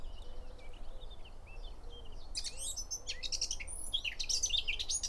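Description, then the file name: Eurasian blackcap bursting into loud, quick twittering and warbling about halfway through, after soft slurred whistles and faint low notes. "Sylvia atricapilla"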